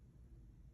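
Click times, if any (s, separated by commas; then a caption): none. The small blade of a 2006 Case First Run Pocket Worn Harvest Orange Tiny Texas Toothpick, a bone-handled slipjoint pocket knife, is being opened against its backspring. Only a steady low rumble and faint broadband hiss are heard. The blade has not snapped open yet, and nothing has clicked.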